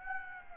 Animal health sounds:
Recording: mosquito wingbeat signal from an infrared sensor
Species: Aedes aegypti

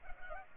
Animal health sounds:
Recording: mosquito wingbeat signal from an infrared sensor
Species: Culex pipiens

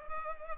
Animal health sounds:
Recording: mosquito wingbeat signal from an infrared sensor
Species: Culex pipiens

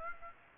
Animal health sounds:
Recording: mosquito wingbeat signal from an infrared sensor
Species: Aedes aegypti

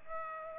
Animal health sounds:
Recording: mosquito wingbeat signal from an infrared sensor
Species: Culex pipiens

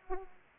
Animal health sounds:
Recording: mosquito wingbeat signal from an infrared sensor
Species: Aedes aegypti

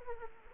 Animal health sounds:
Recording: mosquito wingbeat signal from an infrared sensor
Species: Anopheles arabiensis

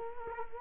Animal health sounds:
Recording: mosquito wingbeat signal from an infrared sensor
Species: Culex quinquefasciatus

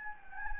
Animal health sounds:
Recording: mosquito wingbeat signal from an infrared sensor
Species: Anopheles gambiae

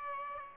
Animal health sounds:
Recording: mosquito wingbeat signal from an infrared sensor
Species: Aedes aegypti

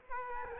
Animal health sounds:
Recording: mosquito wingbeat signal from an infrared sensor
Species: Aedes albopictus

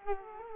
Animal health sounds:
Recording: mosquito wingbeat signal from an infrared sensor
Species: Culex quinquefasciatus

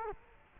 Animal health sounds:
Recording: mosquito wingbeat signal from an infrared sensor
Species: Culex quinquefasciatus

